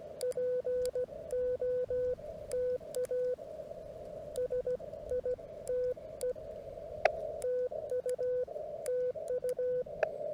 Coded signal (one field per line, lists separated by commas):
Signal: Morse code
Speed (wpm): 16 wpm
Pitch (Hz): 500 Hz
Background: none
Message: POTA SITE TU TU